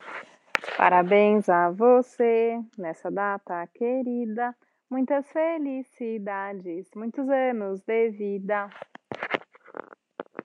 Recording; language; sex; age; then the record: short text; Brazilian Portuguese; female; 30 to 39 years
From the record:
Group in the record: control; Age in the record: 36 years